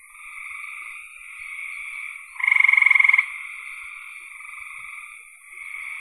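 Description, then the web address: Frog chorus with a single strong pulsed trill near the middle, under a second long, set against fainter trilling. "cn frogs"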